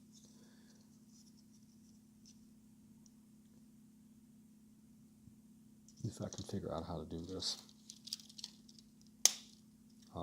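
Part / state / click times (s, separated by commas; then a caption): plastic backpack armor piece onto the back of a plastic model kit / seated / 9.2 s. Someone talks while fitting a plastic backpack armor piece onto the back of a finished Zoids Wild Gilraptor plastic model kit, with a burst of plastic handling and small ticks from about 6.0 to 8.4 s. Pressed home, the part seats with a single loud, sharp plastic snap at 9.3 s.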